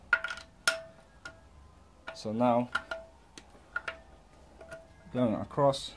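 A wrench loosens a steel cylinder head bolt in the engine block of a BMW inline-six in stages, and the bolt breaks free with a sharp click at 0.1 s. More metallic ticks and clicks follow through the clip as someone talks. The bolt is released.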